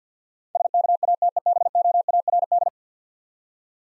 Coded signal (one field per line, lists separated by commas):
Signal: Morse code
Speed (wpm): 48 wpm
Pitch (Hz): 700 Hz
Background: none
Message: SKATEBOARD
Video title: Easy Words with Hints - 50wpm